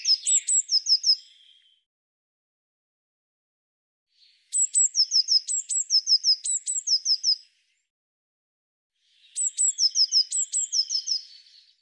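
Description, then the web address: Eurasian blue tit giving repeated high phrases of sharp upper notes alternating with lower descending chips, three bursts separated by short pauses. "Deverinetal"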